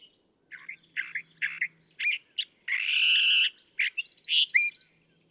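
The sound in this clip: California thrasher with several chunky repeated phrases, a long harsh buzzy note, then a fast rattling trill and squeaky whistles.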